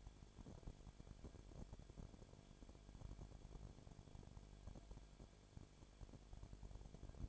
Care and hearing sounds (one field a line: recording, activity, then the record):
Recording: daily activity, microphone in the room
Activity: no activity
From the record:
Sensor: 5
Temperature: 19.8 degrees Celsius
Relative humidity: 33.3%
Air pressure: 1001.4 hPa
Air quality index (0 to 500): 31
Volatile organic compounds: 1 ppm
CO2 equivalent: 523 ppm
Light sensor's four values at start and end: 2/3/1/1 and 2/3/1/1